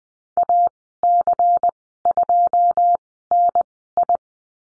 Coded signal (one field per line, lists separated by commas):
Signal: Morse code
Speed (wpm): 19 wpm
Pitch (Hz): 700 Hz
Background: none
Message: AC2NI